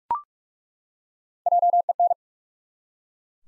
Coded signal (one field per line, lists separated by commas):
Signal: Morse code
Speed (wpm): 41 wpm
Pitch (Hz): 700 Hz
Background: none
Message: JEN